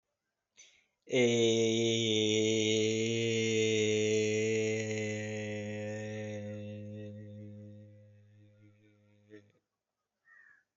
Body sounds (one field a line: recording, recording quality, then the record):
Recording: sustained vowel as in made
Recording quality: excellent, no background noise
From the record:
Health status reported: healthy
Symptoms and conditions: none ticked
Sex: male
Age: 32 years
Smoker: not ticked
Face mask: not worn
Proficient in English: yes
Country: India